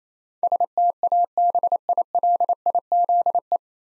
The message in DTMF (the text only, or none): none